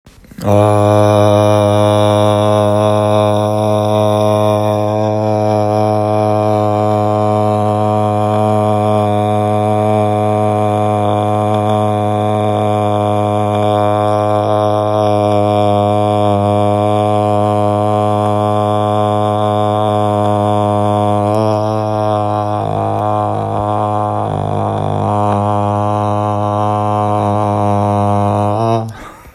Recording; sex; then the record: sustained vowel /a/; male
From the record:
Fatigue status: no fatigue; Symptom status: asymptomatic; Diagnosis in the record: COVID-19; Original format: m4a